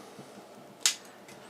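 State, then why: Seated. A metering prism viewfinder is put back onto a Pentax 6x7 MLU medium-format camera body and clicks into place at 0.9 s with a single sharp, bright click. The click shows the prism is attached properly. Only quiet, faint handling noise is heard around it.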